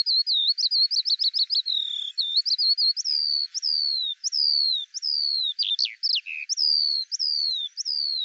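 Eurasian skylark song: high, clear whistles, each sliding downward, given in quick runs and then in spaced repeats, on a silent background.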